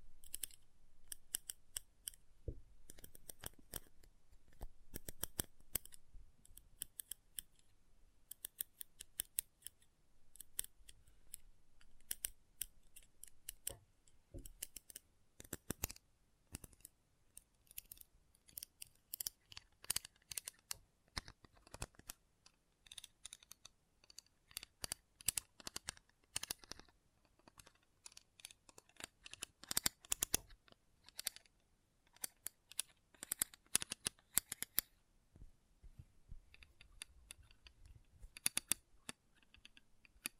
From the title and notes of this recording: ASMR Intense Magnetic Tingles (No Talking).